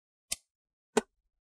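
A guitar pick wedged between the top and bottom plastic covers of an HP 15 bw014 laptop is twisted along the back corner, releasing the hidden plastic snap clips that join the bottom cover to the top cover. Two sharp clicks are heard at 0.3 s and 1.0 s as the clips pop open, with no talk in the clip.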